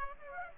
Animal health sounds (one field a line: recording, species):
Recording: mosquito wingbeat signal from an infrared sensor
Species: Aedes aegypti